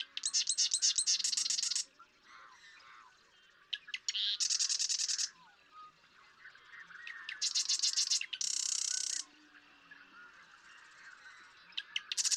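Marsh Wren song repeated three times, each a harsh, fast rattle with scattered clicks and chatter in between, another song beginning at the end.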